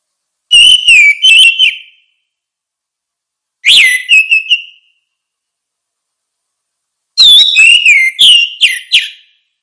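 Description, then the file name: Orange-headed thrush song, three phrases of clear whistles mixed with sharp chirps, each a second or two long, spaced by quiet pauses. "suara kicau burung anis merah"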